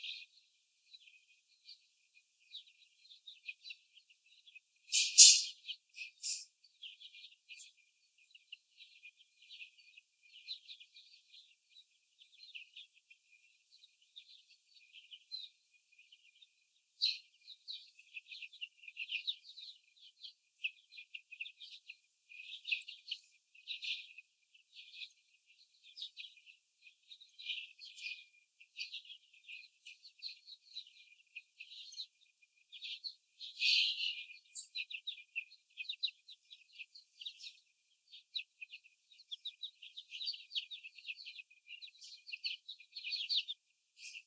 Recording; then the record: young laying hens in a cage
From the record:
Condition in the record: after the stressor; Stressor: sudden umbrella opening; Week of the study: 3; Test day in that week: 2